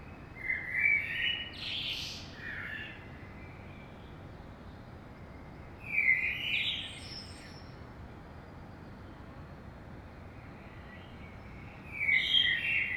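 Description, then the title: Common blackbird song, three rich fluting phrases several seconds apart, the first two ending in high scratchy twitters, over steady background noise. In the morning in Saint-Gilles, Belgium; recorded with DPA 2006c microphones in AB into a Zoom F3. "Saint-Gilles, Belgique - Blackbird - Merle"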